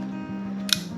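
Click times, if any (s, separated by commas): 0.7 s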